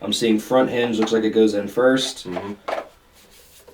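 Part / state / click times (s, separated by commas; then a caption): plastic feed tray going back into a paintball hopper shell / not seated / none. Someone talks while a plastic feed tray is being fitted back into a JT Paintball JT Triad hopper shell, front hinge first, with faint handling sounds under the speech. Nothing has seated or clicked yet when the clip ends.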